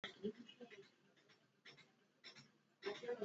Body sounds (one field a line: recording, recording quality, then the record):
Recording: shallow breathing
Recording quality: poor, much background noise or distortion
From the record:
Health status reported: exposed to COVID-19, no respiratory illness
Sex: male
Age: 37 years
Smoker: no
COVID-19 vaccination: both doses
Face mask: worn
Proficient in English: yes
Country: India